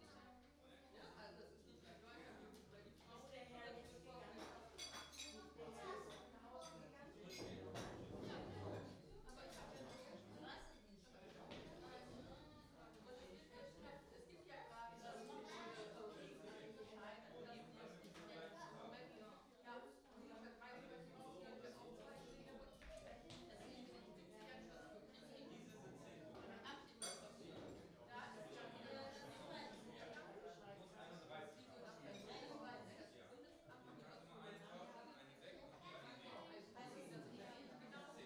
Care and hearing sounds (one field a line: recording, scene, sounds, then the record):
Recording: everyday scene through a hearing-aid microphone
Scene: many people talking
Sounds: many voices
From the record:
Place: parish hall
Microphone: in the ear canal, right